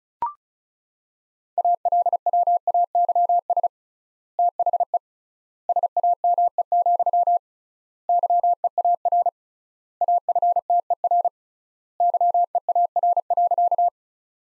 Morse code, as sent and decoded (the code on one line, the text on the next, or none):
.- .-.. .-- .- -.-- ... / - .... . / ... .- -- . --..-- / -.-- . .- .-. / .- ..-. - . .-. / -.-- . .- .-. .-.-.-
ALWAYS THE SAME, YEAR AFTER YEAR.